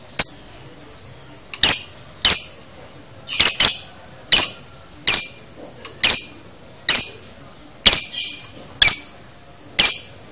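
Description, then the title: Lovebird giving many piercing, high shrieks in a loose, irregular series. Training recording for a lovebird, demonstrating the 'konslet' chattering song style. "Masteran Lovebird Konslet"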